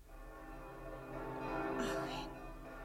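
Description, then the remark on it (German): Church bells ring at night in a steady, sustained wash of overlapping tones, their resonant hum layered throughout, with a brighter swell of ringing about two-thirds of the way through. “Hör die Glocken. Es könnten Hochzeitsglocken sein.”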